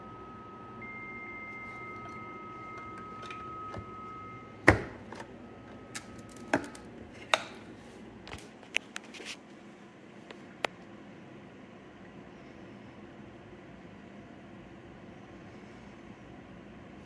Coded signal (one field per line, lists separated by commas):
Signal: dial-up modem handshake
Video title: Dial Up Internet on DOS 3.20 using a real TCP/IP stack and browser at 300bps